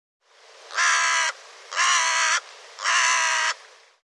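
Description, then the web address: Bird calling three times, each a loud, grating caw of roughly half a second, regularly spaced. "cianscape birddata Deverinetal 2025"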